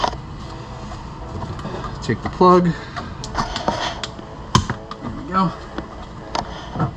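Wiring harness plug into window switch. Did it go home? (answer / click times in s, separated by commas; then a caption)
yes / 6.4 s. A wiring harness plug is pushed into the back of the door window switch on a 2012–2019 Toyota Prius C, and it snaps into place with a sharp click at 6.4 seconds, seating the connector. Someone talks over scattered handling clicks and rustling.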